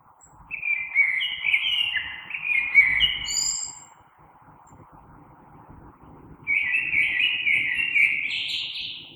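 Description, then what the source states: Common blackbird song: two phrases of mellow whistles, the first ending in high squeaky notes, with a soft constant hum underneath. Recorded 3 March 2020.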